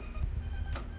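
During a fuel pump replacement on a 2007 to 2012 Mazda CX-7, a part on the fuel pump assembly, likely the fuel line connector, is lined up and pushed onto the pump module. Over a low background hum, a single sharp click is heard at 0.8 s as the part seats fully home.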